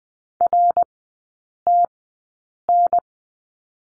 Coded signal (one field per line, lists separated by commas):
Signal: Morse code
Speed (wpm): 20 wpm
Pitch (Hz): 700 Hz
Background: none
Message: RTN